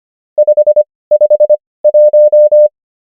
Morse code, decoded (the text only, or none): 551